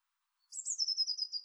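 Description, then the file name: Eurasian blue tit call: a high sharp introductory note slurring down into a quick, fluttering trill, heard once with no other sounds. "Cyanistes caeruleus"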